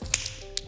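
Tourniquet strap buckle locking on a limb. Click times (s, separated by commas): 0.6 s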